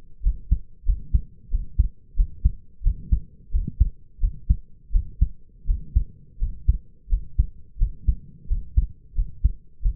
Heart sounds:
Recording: heart sounds by stethoscope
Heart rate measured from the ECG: 88 bpm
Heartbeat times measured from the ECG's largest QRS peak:
0.23 s: heartbeat
0.85 s: heartbeat
1.50 s: heartbeat
2.16 s: heartbeat
2.83 s: heartbeat
3.51 s: heartbeat
4.20 s: heartbeat
4.92 s: heartbeat
5.66 s: heartbeat
6.39 s: heartbeat
7.09 s: heartbeat
7.78 s: heartbeat
8.47 s: heartbeat
9.15 s: heartbeat
9.82 s: heartbeat
From the record:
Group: healthy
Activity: rest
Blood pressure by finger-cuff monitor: 106/62 mmHg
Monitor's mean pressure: 75 mmHg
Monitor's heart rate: 88 bpm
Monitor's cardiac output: 6.5 L/min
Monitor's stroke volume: 72 mL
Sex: male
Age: 22 years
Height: 181 cm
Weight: 60 kg

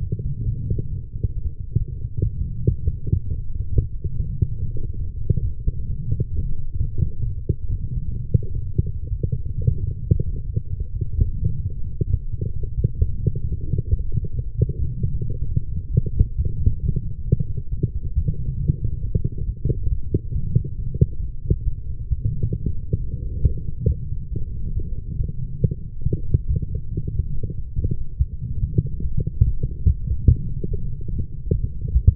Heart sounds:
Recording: heart sounds by stethoscope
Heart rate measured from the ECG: 135 bpm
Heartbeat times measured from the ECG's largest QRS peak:
0.01 s: heartbeat
0.46 s: heartbeat
0.90 s: heartbeat
1.35 s: heartbeat
1.79 s: heartbeat
2.23 s: heartbeat
2.68 s: heartbeat
3.13 s: heartbeat
3.58 s: heartbeat
4.04 s: heartbeat
4.50 s: heartbeat
4.96 s: heartbeat
5.42 s: heartbeat
5.88 s: heartbeat
6.33 s: heartbeat
6.79 s: heartbeat
7.25 s: heartbeat
7.71 s: heartbeat
8.18 s: heartbeat
8.63 s: heartbeat
9.10 s: heartbeat
9.56 s: heartbeat
10.02 s: heartbeat
10.48 s: heartbeat
10.93 s: heartbeat
11.39 s: heartbeat
11.85 s: heartbeat
12.30 s: heartbeat
12.76 s: heartbeat
13.21 s: heartbeat
13.67 s: heartbeat
14.11 s: heartbeat
14.56 s: heartbeat
15.02 s: heartbeat
15.47 s: heartbeat
15.92 s: heartbeat
16.37 s: heartbeat
16.82 s: heartbeat
17.26 s: heartbeat
17.70 s: heartbeat
18.14 s: heartbeat
18.58 s: heartbeat
19.02 s: heartbeat
19.46 s: heartbeat
19.89 s: heartbeat
20.33 s: heartbeat
20.77 s: heartbeat
21.20 s: heartbeat
21.65 s: heartbeat
22.09 s: heartbeat
22.54 s: heartbeat
22.98 s: heartbeat
23.42 s: heartbeat
23.86 s: heartbeat
24.30 s: heartbeat
24.74 s: heartbeat
25.18 s: heartbeat
25.61 s: heartbeat
26.04 s: heartbeat
26.47 s: heartbeat
26.90 s: heartbeat
27.33 s: heartbeat
27.75 s: heartbeat
28.18 s: heartbeat
28.60 s: heartbeat
29.03 s: heartbeat
29.44 s: heartbeat
29.86 s: heartbeat
30.28 s: heartbeat
30.69 s: heartbeat
31.10 s: heartbeat
31.51 s: heartbeat
31.93 s: heartbeat
From the record:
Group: healthy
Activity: light exercise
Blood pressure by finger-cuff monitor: 110/80 mmHg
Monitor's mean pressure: 93 mmHg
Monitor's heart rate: 134 bpm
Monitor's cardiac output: 11 L/min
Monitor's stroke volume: 82 mL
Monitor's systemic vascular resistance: 610 dyn s/cm5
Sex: female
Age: 19 years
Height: 163 cm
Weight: 51 kg

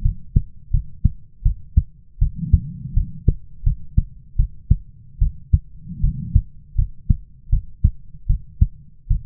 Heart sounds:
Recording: heart sounds by stethoscope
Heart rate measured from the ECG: 80 bpm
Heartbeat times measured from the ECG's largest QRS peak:
0.02 s: heartbeat
0.71 s: heartbeat
1.43 s: heartbeat
2.19 s: heartbeat
2.94 s: heartbeat
3.64 s: heartbeat
4.36 s: heartbeat
5.19 s: heartbeat
6.01 s: heartbeat
6.76 s: heartbeat
7.50 s: heartbeat
8.27 s: heartbeat
9.08 s: heartbeat
From the record:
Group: healthy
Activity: rest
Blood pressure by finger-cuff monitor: 108/73 mmHg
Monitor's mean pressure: 86 mmHg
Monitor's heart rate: 79 bpm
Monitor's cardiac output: 6.5 L/min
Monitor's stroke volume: 82 mL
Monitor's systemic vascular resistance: 960 dyn s/cm5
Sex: female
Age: 22 years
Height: 157 cm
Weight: 47.6 kg

